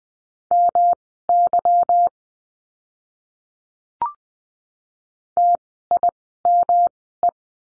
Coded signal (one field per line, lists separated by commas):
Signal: Morse code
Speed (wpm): 20 wpm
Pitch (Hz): 700 Hz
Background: none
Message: MY TIME